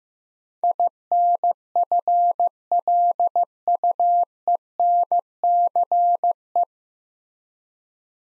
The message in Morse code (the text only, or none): INFLUENCE